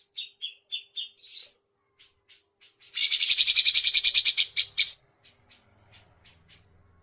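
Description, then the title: Grey-cheeked bulbul: short spaced chips, then a loud, fast rattling trill for nearly two seconds, followed by evenly spaced single sharp notes. Tutor song for teaching birds, long duration. "Cucak Jenggot Masteran Durasi Panjang"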